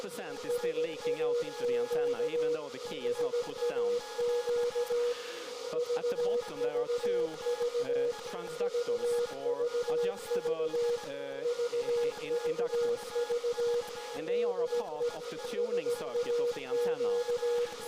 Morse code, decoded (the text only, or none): SAQ SAQ VVV VVV VVV DE SAQ